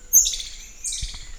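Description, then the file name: Saddleback tamarin giving a short, very high, thin whistled call with a quick twist, followed by a second sliding whistle, with faint low thumps underneath. "S fuscicollis"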